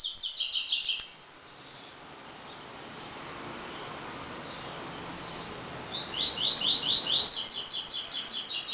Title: Canto Coleiro